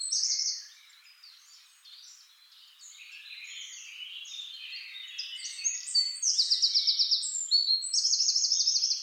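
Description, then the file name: Eurasian wren song with a brief loud trill, a stretch of quiet twittering, then loud, rattling high trills returning near the end. "Troglodytes troglodytes"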